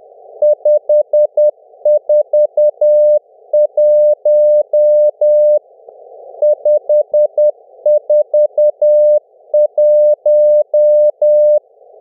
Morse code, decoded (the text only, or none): 541 541